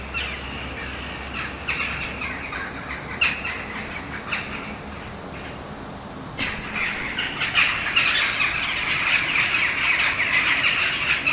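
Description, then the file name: Eurasian jackdaw calls, scattered sharp squawky notes at first, then a sudden burst into a continuous harsh chatter. "kawki"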